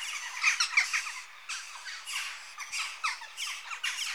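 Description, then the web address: Western jackdaws giving quick, sharp, squawking chack notes in fast overlapping clusters, several birds calling at once with brief gaps between bursts. Adult birds. "BBC Sound Effects Library Birds Jackdaw (Corvus Monedula) Adults"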